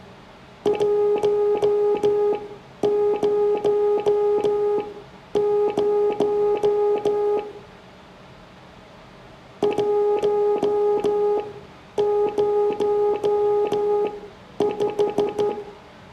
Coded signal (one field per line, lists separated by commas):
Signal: Morse code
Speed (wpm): 14 wpm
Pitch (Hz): 410 Hz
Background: none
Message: 100 105